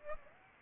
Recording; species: mosquito wingbeat signal from an infrared sensor; Aedes aegypti